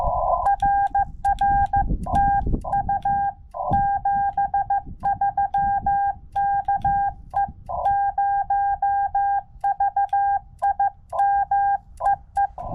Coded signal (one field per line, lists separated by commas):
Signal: Morse code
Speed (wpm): 15 wpm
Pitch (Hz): 800 Hz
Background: none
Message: RR TU 73 KE0VIM EE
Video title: Super Easy 10-Point SOTA Summit!